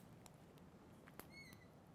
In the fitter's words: and it clicks you'll audibly hear it snap into place